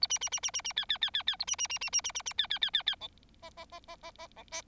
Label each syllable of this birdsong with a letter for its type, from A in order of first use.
A B B B B B B C C C C C A B B B B B B B B C C C C C D E E E E E E D E